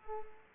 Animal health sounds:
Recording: mosquito wingbeat signal from an infrared sensor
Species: Culex pipiens

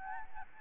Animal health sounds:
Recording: mosquito wingbeat signal from an infrared sensor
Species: Aedes albopictus

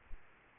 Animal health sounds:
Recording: mosquito wingbeat signal from an infrared sensor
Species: Aedes aegypti

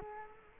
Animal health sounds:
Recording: mosquito wingbeat signal from an infrared sensor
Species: Culex quinquefasciatus

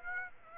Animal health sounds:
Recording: mosquito wingbeat signal from an infrared sensor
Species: Aedes aegypti

